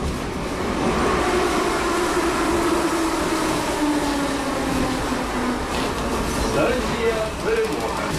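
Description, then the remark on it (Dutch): A metro train rumbles loudly and steadily through an underground station, its electric motor whining in a slowly shifting tone over a dense roar of wheels and air, with faint voices beneath. “We weten nog wel, hè, veel mensen die schuilden onder de grond in de metrostations in de eerste maanden van de oorlog.”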